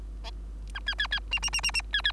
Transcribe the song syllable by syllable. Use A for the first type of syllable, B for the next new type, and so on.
A B B B C C C C C B B